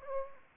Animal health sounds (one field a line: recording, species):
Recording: mosquito wingbeat signal from an infrared sensor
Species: Anopheles gambiae